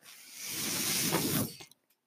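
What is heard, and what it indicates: A single airy hiss lasting about one and a half seconds: one breath delivered by a home mechanical ventilator, the person's own ventilator.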